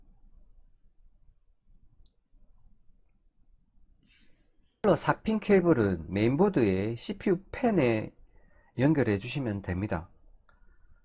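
A stock CPU cooler's plastic push pin is pressed down into a motherboard mounting hole, following a diagonal order, and clicks into place at 2.1 s with a short, sharp snap. After a quiet stretch, someone talks from about 4.8 s to the end, with another faint brief tick near 10.5 s. The pin is seated.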